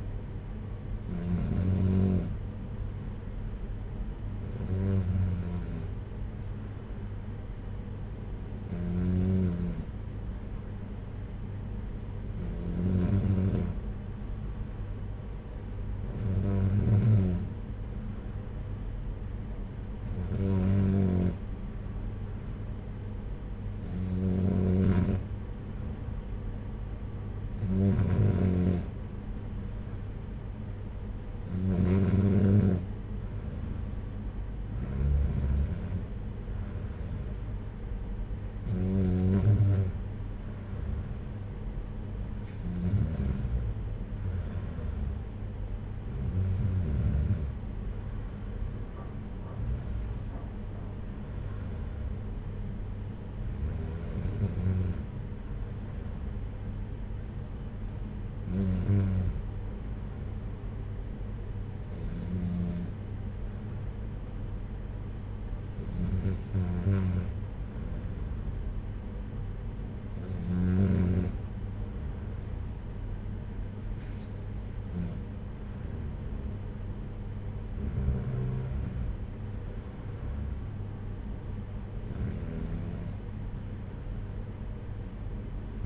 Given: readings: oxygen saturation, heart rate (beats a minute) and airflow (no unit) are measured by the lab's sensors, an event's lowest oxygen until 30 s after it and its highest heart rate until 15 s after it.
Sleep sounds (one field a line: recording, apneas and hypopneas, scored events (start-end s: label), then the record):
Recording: breathing in sleep by a smartphone at the bedside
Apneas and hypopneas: none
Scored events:
31.00-85.86 s: new sleep stage, N3 (deep sleep)
From the record:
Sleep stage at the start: N2 (light sleep)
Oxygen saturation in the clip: 93 to 95%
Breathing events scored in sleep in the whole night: 226 in 8.8 hours asleep